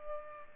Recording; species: mosquito wingbeat signal from an infrared sensor; Culex pipiens